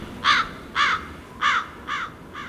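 Five harsh crow caws arrive at a steady, unhurried pace, each a short raspy burst, the later ones growing slightly fainter, over a low background hum with no talking.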